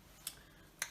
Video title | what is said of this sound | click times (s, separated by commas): AWESOME Sweet Woody Fragrance with a Touch of Smoke - This is Him by Zadig and Voltaire | captures comes right off there very simple clicks into place it's | 0.8 s